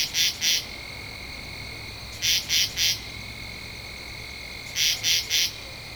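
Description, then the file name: Katydid giving rasping pulse groups of two, three and three, spaced a couple of seconds apart. Recorded on 2 October 2012. "Katydid-20121002"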